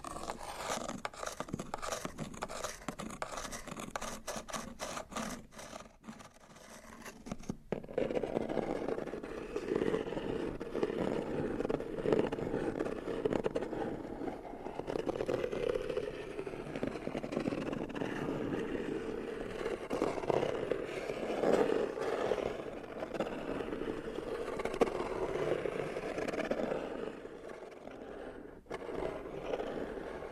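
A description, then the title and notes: Cardboard boxes are scratched and rubbed, with quick rhythmic scraping strokes early, then steadier, denser tracing and rubbing until a brief pause near the end. Scratching, Rubbing & Tracing on Cardboard Boxes (NO TALKING).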